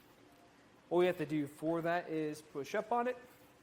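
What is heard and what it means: A Saris SuperClamp hitch bike rack for 2 bikes, mounted on a 2017 Buick Enclave, is being handled so it can be pushed up from its tilted-down position back to the upright seated position, where its metal tilt mechanism latches. Over a quiet background, someone talks from about 0.9 to 3.2 seconds. The clip ends before the rack goes home, so its tilt latch has not clicked or seated yet.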